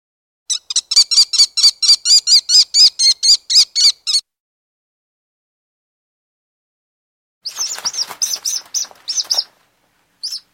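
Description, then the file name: Falcon calls: a rapid run of sharp, piercing notes for about four seconds, silence, then a shorter, rougher burst and a final single note. "ptica sokol"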